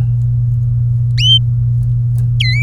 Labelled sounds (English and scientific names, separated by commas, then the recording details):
Domestic Canary (Serinus canaria) song
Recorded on 23 April 2018 at 16:17
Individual llb3